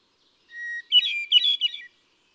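Hermit thrush giving a single song phrase: a steady whistled opening note followed by a bright, warbling jumble of higher notes.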